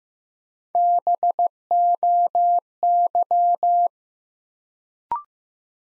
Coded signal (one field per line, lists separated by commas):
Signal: Morse code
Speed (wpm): 15 wpm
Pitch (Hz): 700 Hz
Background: none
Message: BOY